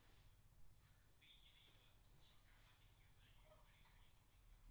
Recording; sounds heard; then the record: poultry house recording; no chicken sound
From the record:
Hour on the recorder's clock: 10